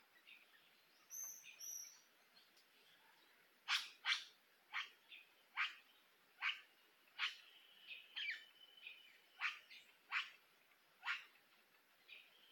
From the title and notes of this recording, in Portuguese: Mata Atlântica Floresta tropical/Tropical forest/Forêt tropicale.